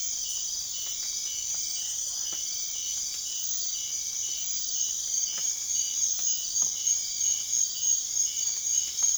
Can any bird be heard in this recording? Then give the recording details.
no. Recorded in secondary vegetation near Puerto Asís, Putumayo, Colombia, on 24 June 2025 at 23:30. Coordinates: 0.500, -76.326. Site GP08